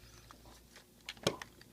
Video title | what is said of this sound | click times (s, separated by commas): Power Rangers Dino Super Charge Plesio Charge Megazord Review | right back here just going to snap in place | 1.3 s